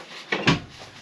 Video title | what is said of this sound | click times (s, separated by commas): New Transit Custom Camper Conversion Beckys van Build starts Here | That's it. There you go, it locks in place. | 0.3 s, 0.5 s